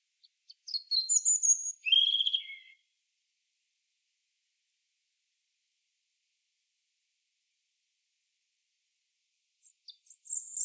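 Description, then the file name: European robin song: a burst of high thin notes sliding into a falling warble, a long quiet gap, then soft high squeaky notes starting again. "Erithacus rubecula"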